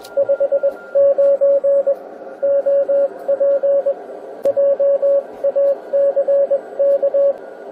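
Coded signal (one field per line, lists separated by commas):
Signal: Morse code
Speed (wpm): 21 wpm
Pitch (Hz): 560 Hz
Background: radio noise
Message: 59 OP JACK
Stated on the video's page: Morse received and tested on a QRP 8-band HF SDR radio.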